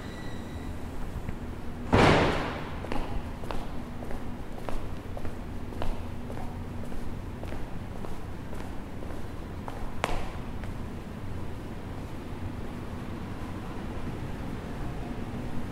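A walk through the downtown campus of McGill University, with a steady low rumble and hum underneath throughout. Light footsteps tick along at a regular pace, a sharp clatter breaks in around two seconds, and another knock comes near ten seconds.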